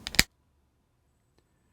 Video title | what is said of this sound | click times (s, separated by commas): Installing a Ball IT | listen to the sound as it locks in place | 0.1 s, 0.2 s